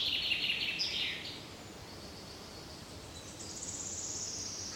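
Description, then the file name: Common chaffinch song: a loud, quick burst of descending notes at the start, then only faint high calls and hiss. "Fringilla coelebs"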